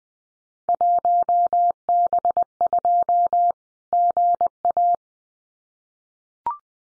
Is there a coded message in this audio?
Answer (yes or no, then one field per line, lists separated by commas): yes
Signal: Morse code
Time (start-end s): 0.7-4.9 s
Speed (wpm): 20 wpm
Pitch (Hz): 700 Hz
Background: none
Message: 1B2 GA